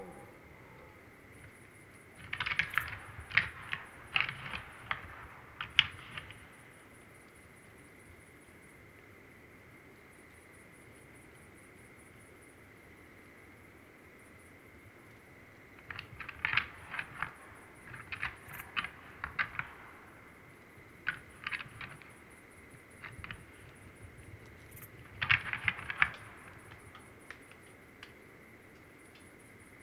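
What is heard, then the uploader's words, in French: Three males clash in short bursts of rapid clicking, chattering sounds near 3, 17, 22 and 25 seconds, with quiet stretches between. A steady insect whine and a thin high buzz run throughout, over the low, distant rush of a river. 23h15 - Drôme - Mixpr3 - Binaural - 2Xmkh8020. Huit jours après mon premier enregistrement de brame, cela continu grâce à trois mâles qui se confrontent régulièrement. Cette nuit fût dense avec plusieurs combats de Titans. La rivière Drôme au loin marque le fond sonore et quelques insectes et même des Loirs gris sont encore actifs.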